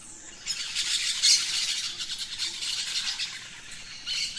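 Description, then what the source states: Birds at dawn giving a dense stream of harsh, rapidly pulsing squawky notes, steady throughout, with a louder burst at the very end. Dawn chorus of rainforest birds, Gran Sabana, Venezuela.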